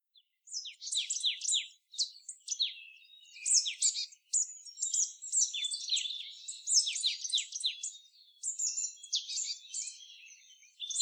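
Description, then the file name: Marsh tit calls: bursts of high, sharp chirps and descending notes, delivered in quick runs with brief pauses throughout. "Poecile palustris"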